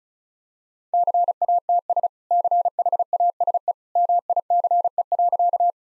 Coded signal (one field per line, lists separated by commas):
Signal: Morse code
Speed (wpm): 34 wpm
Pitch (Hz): 700 Hz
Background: none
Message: CATS CHASE MICE.